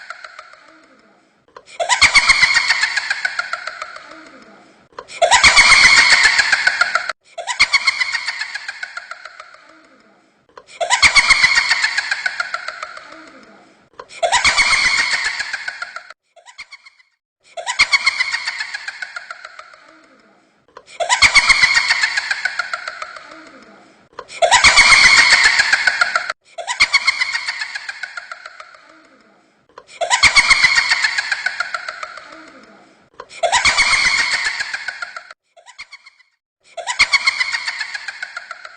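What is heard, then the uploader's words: A scary ghost laugh repeats about every three seconds, each loud, raspy, bright cackle stuttering in quick pulses, separated by brief silences. SCARY GHOST LAUGH.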